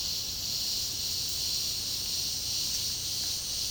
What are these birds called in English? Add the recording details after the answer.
none. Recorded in secondary vegetation near Puerto Asís, Putumayo, Colombia, on 18 February 2024 at 11:00. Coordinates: 0.489, -76.322. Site G6419